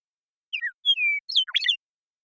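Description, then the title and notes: Western meadowlark song with two short notes, a long falling whistle, and a rapid, warbling jumble of high and low notes at the end. Song, isolated and processed with natural pace and rhythm kept; Pacific Northwest, Washington, United States. "Western Meadowlark, Sturnella neglecta, song, contact calls, and flush, family: Troupials and Allies Pacific Northwest in Washington, United States"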